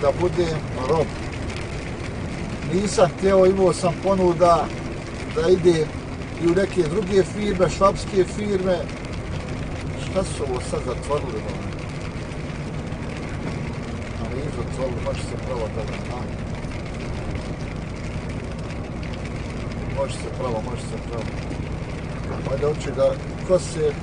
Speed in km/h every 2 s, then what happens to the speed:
72, 72, 71, 71, 68, 65, 63, 62, 62, 63, 63, 62.
0-6 steady at about 71. 6-14 slows to 62. 14-24 steady at about 62.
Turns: none.